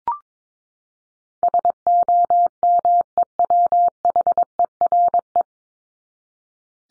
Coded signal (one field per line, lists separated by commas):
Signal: Morse code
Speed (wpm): 22 wpm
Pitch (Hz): 700 Hz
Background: none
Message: SOMEWHERE